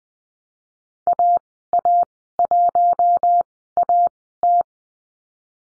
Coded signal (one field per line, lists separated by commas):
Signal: Morse code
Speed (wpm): 20 wpm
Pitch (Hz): 700 Hz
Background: none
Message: AA1AT